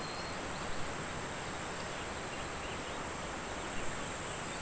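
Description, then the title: Cicada: one unbroken high-pitched hum from start to finish over soft, even background noise. "neoscenes: cicadas and more"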